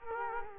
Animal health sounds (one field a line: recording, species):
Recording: mosquito wingbeat signal from an infrared sensor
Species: Culex quinquefasciatus